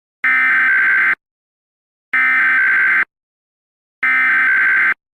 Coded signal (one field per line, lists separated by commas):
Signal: Emergency Alert System (SAME) tones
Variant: header bursts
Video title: EAS Scenario: Dandy’s World: Ichor Infection